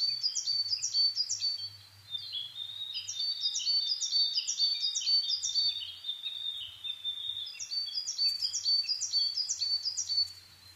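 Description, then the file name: Coal tit song: rapid strings of sharp, high, descending double notes, delivered in three bursts separated by short gaps, over a faint low rumble. Recorded in Japan on 22 May 2010 at 17:41. "higara-20100522-1741"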